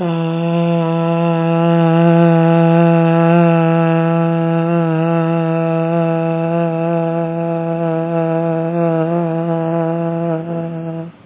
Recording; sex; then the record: sustained vowel /a/; female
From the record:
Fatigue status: fatigue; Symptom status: symptomatic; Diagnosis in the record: COVID-19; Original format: 3gp